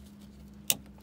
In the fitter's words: Oh, here we go. And it just snaps right in there.